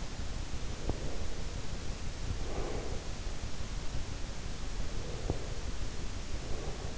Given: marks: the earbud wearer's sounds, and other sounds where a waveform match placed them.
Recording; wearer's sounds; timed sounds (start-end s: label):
sounds in sleep by an in-ear microphone; breath
0.81-3.16 s: breath
4.79-6.98 s: breath